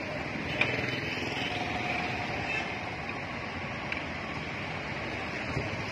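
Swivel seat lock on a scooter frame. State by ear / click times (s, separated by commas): seated / 0.6 s, 3.9 s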